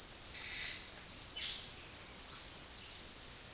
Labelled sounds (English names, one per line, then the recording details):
Yellow-rumped Cacique
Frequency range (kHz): Yellow-rumped Cacique 1.5-7.5 kHz
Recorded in dense forest near Puerto Asís, Putumayo, Colombia, on 19 February 2024 at 13:30
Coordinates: 0.472, -76.329
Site G6394